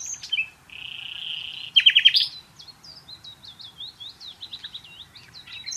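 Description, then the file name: Common nightingale song: a steady high whistle, then a burst of loud rapid notes, followed by a run of jumbled, sliding chirps. "Luscinia megarhynchos"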